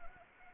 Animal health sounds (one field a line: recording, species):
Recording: mosquito wingbeat signal from an infrared sensor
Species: Anopheles arabiensis